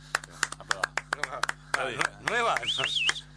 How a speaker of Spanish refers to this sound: Perdón, esto merece otra vez un aplauso.